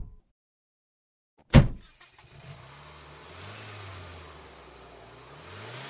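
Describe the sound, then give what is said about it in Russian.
After a moment of silence, a sharp bang gives way to a car engine starting and revving, its low hum rising and falling in pitch as the car drives away carrying visitors from Tbilisi. “Гости из Тбилиси в тот же день сели в свою машину и горделиво и небрежно, высунув руки из окон по самые локти, уехали.”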